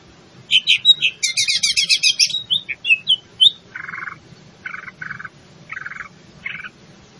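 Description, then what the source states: Greater green leafbird song opening with whistles and a fast rattling trill, followed by a series of repeated harsh, buzzy notes. In full song, a singing style called gacor; Indonesian name cucak ijo.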